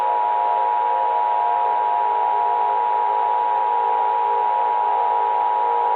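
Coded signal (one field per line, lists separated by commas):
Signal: Emergency Alert System (SAME) tones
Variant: 853 and 960 Hz attention tone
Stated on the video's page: Fictional EAS scenario with valid tones, produced in software including eSpeak, TTSTool and Audacity.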